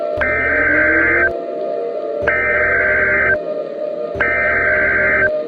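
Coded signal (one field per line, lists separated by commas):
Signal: Emergency Alert System (SAME) tones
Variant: header bursts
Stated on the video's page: Fictional EAS scenario of a moon collision, a mass extinction level event.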